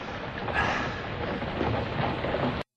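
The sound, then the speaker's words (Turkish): Steady heavy rain pours down in a dense, hissing wash of noise with a low rumbling undertone, holding an even loudness before cutting off abruptly. “Ne yağmur.”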